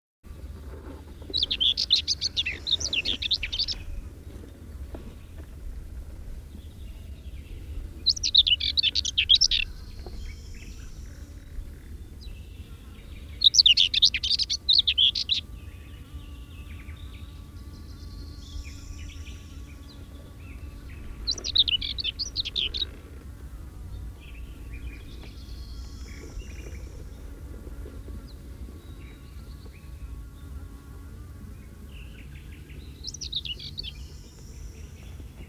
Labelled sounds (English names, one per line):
Common Whitethroat song